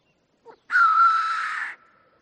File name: audio hero Bird Black Grouse